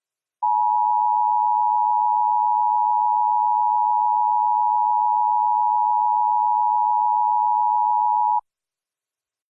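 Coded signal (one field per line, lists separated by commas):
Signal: Emergency Alert System (SAME) tones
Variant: 853 and 960 Hz attention tone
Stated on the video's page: Fictional recreation of a Required Monthly Test using valid EAS tones, styled as SAGE ENDEC equipment.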